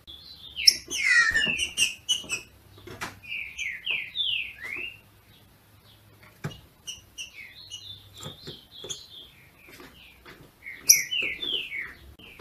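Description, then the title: Green-winged saltator phrases of rich, downward-slurred whistles, loudest at the start and again near the end, with quieter notes and clicks between. Female singing in male style to stimulate the male. "FÊ MEA DE TRINCA FERRO MACHEANDO PARA ESQUENTAR O MACHO"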